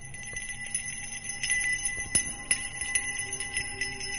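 A handbell is shaken steadily by an old man during a ritual, giving off a bright, high, shimmering ring with several sharper strikes standing out over a continuous metallic hum, and no voices.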